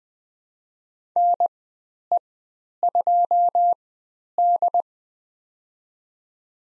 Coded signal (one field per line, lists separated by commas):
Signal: Morse code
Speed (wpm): 20 wpm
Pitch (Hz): 700 Hz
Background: none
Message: NE2D